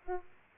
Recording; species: mosquito wingbeat signal from an infrared sensor; Aedes aegypti